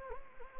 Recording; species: mosquito wingbeat signal from an infrared sensor; Anopheles gambiae